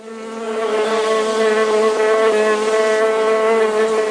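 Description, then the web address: Bee buzzing: a steady, low, droning hum holding one even pitch throughout, with rich overtones and no pauses. Recorded at Lamorlaye; several bees. "Audiofaunique-lamorlaye abeille abeilles"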